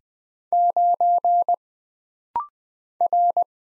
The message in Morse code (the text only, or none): 9 R